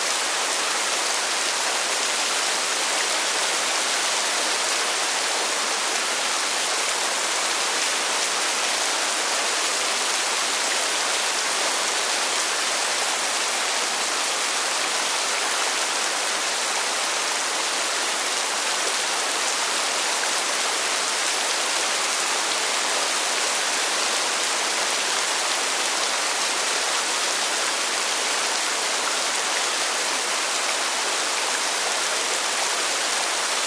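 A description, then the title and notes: Rain pours down in a dense, unbroken hiss that stays level for the whole half minute. The sound is bright and close, with almost no low rumble, and individual drops blur into a constant wash rather than distinct taps. Rain Downpour.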